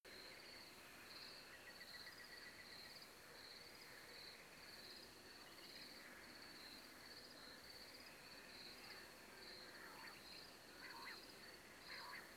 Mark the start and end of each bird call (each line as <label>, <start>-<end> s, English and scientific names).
Common Nightingale (Luscinia megarhynchos), 1.49-2.97 s
Common Quail (Coturnix coturnix), 9.78-10.13 s
Common Nightingale (Luscinia megarhynchos), 9.94-10.43 s
Common Quail (Coturnix coturnix), 10.82-11.16 s
Common Quail (Coturnix coturnix), 11.88-12.21 s